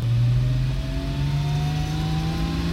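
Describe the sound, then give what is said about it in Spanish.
A car engine roars steadily as it revs and accelerates, its low droning pitch climbing gradually over a few seconds with no voices present. “Vamos, monte rápido, que hay que salir por patas. Vamos, acelere.”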